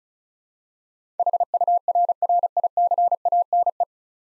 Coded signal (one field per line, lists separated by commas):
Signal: Morse code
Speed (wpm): 36 wpm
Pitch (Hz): 700 Hz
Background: none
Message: HURRICANE